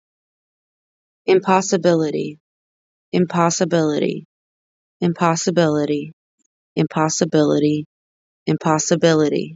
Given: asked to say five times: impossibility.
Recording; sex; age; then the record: repeated word; female; 20 to 29 years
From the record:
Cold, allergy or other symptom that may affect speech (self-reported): no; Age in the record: 29 years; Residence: United States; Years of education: 14